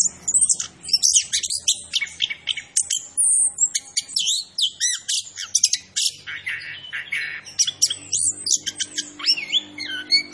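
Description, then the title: Orange-headed thrush delivering a long, varied song of piercing whistles, rising and falling slurs and rapid chirps, almost unbroken throughout. Called Anis Kembang, singing vigorously (gacor); labelled Macan B2. "Anis Kembang Gacor. Suara Anis Kembang Macan B2"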